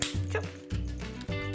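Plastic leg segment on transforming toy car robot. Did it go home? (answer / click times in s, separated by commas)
yes / 0.0 s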